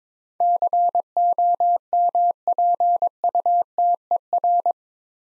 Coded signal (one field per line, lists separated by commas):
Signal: Morse code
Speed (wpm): 22 wpm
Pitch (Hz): 700 Hz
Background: none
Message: COMPUTER